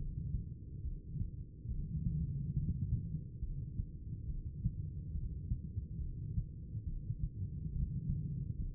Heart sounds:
heart sounds by stethoscope; 70 bpm
0.80 s: heartbeat
1.66 s: heartbeat
2.52 s: heartbeat
3.38 s: heartbeat
4.24 s: heartbeat
5.10 s: heartbeat
5.97 s: heartbeat
6.83 s: heartbeat
7.69 s: heartbeat
8.55 s: heartbeat
From the record:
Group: heart failure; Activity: rest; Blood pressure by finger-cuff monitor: 142/80 mmHg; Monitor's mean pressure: 105 mmHg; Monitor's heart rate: 70 bpm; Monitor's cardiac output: 8 L/min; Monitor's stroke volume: 114 mL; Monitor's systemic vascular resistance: 960 dyn s/cm5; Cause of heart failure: idiopathic cardiomyopathy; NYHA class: 2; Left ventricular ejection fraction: 51%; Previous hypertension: present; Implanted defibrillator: present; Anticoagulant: apixaban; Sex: female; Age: 61 years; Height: 163 cm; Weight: 111 kg

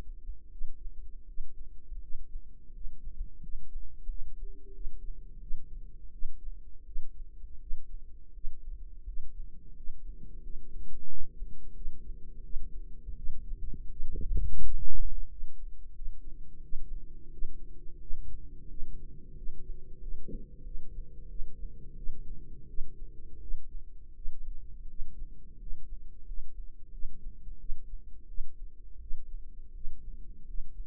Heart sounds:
heart sounds by microphone in the right ear; 86 bpm
0.49 s: heartbeat
1.25 s: heartbeat
1.99 s: heartbeat
2.71 s: heartbeat
3.40 s: heartbeat
4.06 s: heartbeat
4.72 s: heartbeat
5.39 s: heartbeat
6.10 s: heartbeat
6.83 s: heartbeat
7.58 s: heartbeat
8.32 s: heartbeat
9.04 s: heartbeat
9.73 s: heartbeat
10.40 s: heartbeat
11.06 s: heartbeat
11.73 s: heartbeat
12.41 s: heartbeat
13.15 s: heartbeat
13.88 s: heartbeat
14.61 s: heartbeat
15.27 s: heartbeat
15.92 s: heartbeat
16.61 s: heartbeat
17.30 s: heartbeat
17.98 s: heartbeat
18.67 s: heartbeat
19.34 s: heartbeat
19.99 s: heartbeat
20.62 s: heartbeat
21.27 s: heartbeat
21.94 s: heartbeat
22.66 s: heartbeat
23.39 s: heartbeat
24.13 s: heartbeat
24.86 s: heartbeat
25.57 s: heartbeat
26.24 s: heartbeat
26.90 s: heartbeat
27.57 s: heartbeat
28.26 s: heartbeat
28.98 s: heartbeat
29.72 s: heartbeat
30.45 s: heartbeat
From the record:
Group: healthy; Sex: male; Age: 33 years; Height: 179 cm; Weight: 80.4 kg

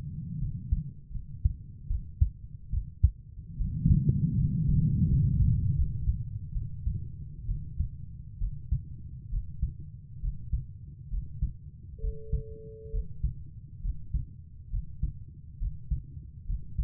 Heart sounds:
heart sounds by stethoscope; 71 bpm
0.40 s: heartbeat
1.13 s: heartbeat
1.88 s: heartbeat
2.71 s: heartbeat
3.58 s: heartbeat
4.36 s: heartbeat
5.07 s: heartbeat
5.75 s: heartbeat
6.53 s: heartbeat
7.47 s: heartbeat
8.39 s: heartbeat
9.30 s: heartbeat
10.21 s: heartbeat
11.10 s: heartbeat
12.01 s: heartbeat
12.92 s: heartbeat
13.82 s: heartbeat
14.71 s: heartbeat
15.59 s: heartbeat
16.46 s: heartbeat
From the record:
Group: healthy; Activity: rest 0-14 s, breath hold 14-17 s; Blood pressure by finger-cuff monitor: 117/66 mmHg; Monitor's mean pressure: 82 mmHg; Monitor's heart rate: 68 bpm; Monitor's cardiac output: 6.5 L/min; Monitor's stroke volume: 92 mL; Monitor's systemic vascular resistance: 900 dyn s/cm5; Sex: female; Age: 22 years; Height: 160 cm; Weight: 63 kg

